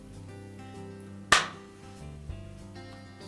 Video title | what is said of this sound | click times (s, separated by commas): Whirlpool Dishwasher Repair - How to Replace the Rack Adjuster Kit | So it's snapped into place. | 1.3 s